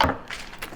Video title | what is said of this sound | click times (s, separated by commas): This Minimalist Kitchen Upgrade Changed Everything | When you're done drinking, pop it back closed. | 0.0 s